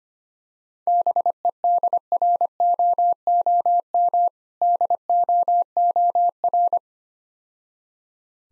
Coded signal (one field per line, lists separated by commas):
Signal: Morse code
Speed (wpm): 25 wpm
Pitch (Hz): 700 Hz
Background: none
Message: BEDROOM DOOR